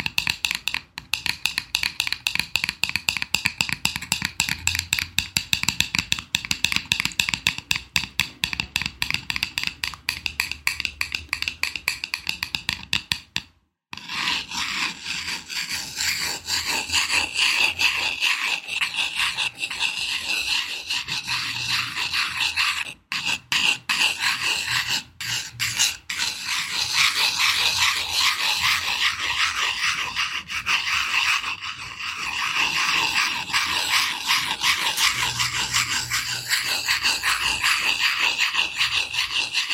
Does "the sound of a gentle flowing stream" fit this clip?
no